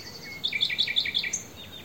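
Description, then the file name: Common nightingale song fragment: a thin whistle, then a rapid rhythmic series of paired chirping notes lasting under a second, ending with a high note. "Luscinia megarhynchos"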